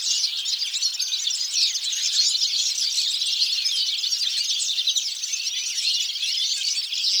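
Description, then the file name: European goldfinch song, a loud, continuous, liquid twitter of quick high notes. "Carduelis carduelis"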